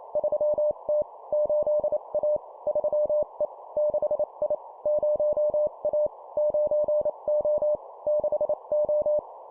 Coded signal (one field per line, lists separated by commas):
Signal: Morse code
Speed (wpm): 28 wpm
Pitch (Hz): 600 Hz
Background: none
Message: 3T 8A 3E 6I 0A 9O 6O